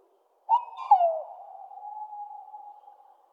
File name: Waldkauz Strix aluco